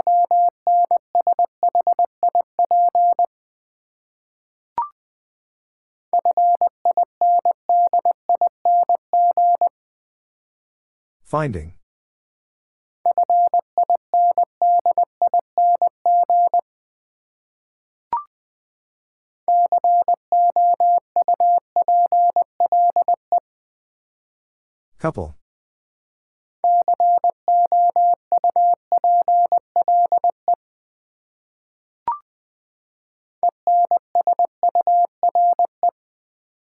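Morse code beeps on a single steady tone, sent in bursts of rapid dots and dashes lasting about three to four seconds each, with short pauses between. Brief clicks fall in some gaps, and a sharper swooping sound cuts in near 11 and 25 seconds.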